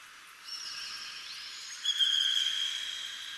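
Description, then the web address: Birds calling with long, thin, steady whistles and squeaks, one call sliding upward, then a louder sharp whistle joining near the midpoint. Cave ambience with heavy bird chirps and squeaks. "Hollywood Edge sound designer's toolkit v 2 Bird Ambience In Cave Heavy Bird Chirps and Squeaks"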